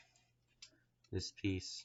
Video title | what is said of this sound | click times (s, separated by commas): Transformers Legacy: Arcee Review | this piece folds up and clicks into place | 0.6 s